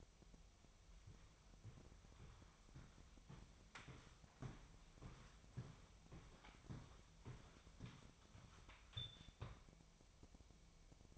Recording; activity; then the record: daily activity, microphone in the room; walk to room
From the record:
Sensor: 1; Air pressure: 999.4 hPa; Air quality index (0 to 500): 197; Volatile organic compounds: 39 ppm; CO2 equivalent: 3129 ppm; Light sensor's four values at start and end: 10/24/9/10 and 9/23/9/10